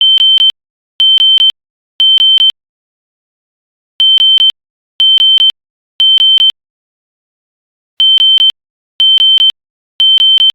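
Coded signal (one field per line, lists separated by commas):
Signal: alarm pattern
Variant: temporal three, 3 kHz horn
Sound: shrill 3 kHz beeps in groups of three with pauses, three cycles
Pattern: temporal three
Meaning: Temporal-3 pattern signals fire, evacuate the building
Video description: This is a sound effect of the System Sensor SpectrAlert Classic horn strobe on it's temp 3 3k setting to sound like an old smoke alarm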